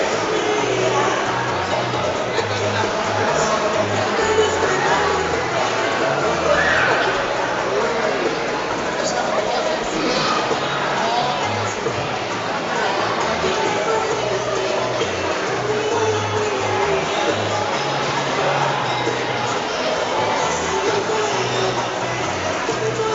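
Noisy mall crowd during a soap-bubble workshop: steady overlapping chatter and voices, with a low repeating thump of music throughout.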